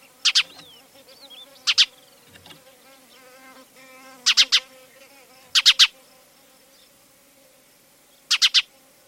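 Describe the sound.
Spanish sparrow calls: short harsh chirps in clusters of two or three, repeated every one to three seconds, with faint twittering between.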